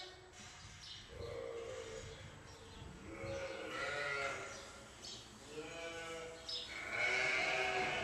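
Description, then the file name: Sheep bleating in a chorus, several overlapping wavering calls rising and falling, with a steady background hiss. "Schafe Chor"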